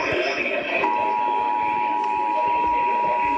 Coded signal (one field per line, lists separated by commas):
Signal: Emergency Alert System (SAME) tones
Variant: 853 and 960 Hz attention tone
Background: speech, music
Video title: Severe Thunderstorm Warning EAS #60